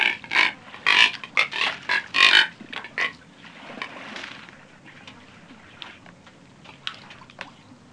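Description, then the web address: Neotropic Cormorant giving harsh, pig-like grunts in a quick irregular series over the first few seconds, then fainter scattered croaks. "Peterson North American Birds. neco"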